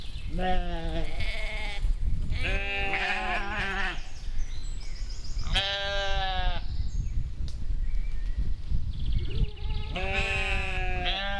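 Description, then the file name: Sheep bleating in several tremulous bursts with pauses between, over low background rumble throughout. "schafe"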